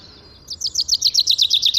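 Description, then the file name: Common chaffinch song opening, a fast run of bright repeated notes gradually dropping in pitch, cut off before the ending. "Fringilla coelebs"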